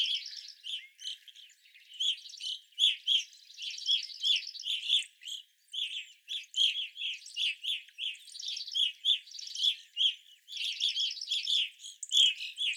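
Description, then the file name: Evening grosbeak flock keeping up steady, dense chirping, rough ringing notes from several birds with faint higher buzzy trills behind. Several evening grosbeaks recorded on 25 April 2021. "2021-04-25 Evening Grosbeaks"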